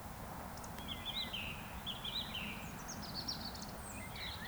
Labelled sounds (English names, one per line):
Eurasian Woodcock whistle